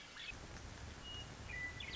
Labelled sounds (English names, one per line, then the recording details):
Western Meadowlark
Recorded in Sonoma County, California